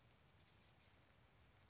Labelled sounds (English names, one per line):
Oak Titmouse